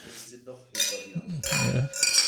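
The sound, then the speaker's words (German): Glasses of Rotbier, a red lager from The Deckel Bierfabrik Berlin, clink together in a toast: three bright, ringing knocks spaced across a couple of seconds, each leaving a short high shimmer, with a low murmur of voices underneath. “Also, Prost,”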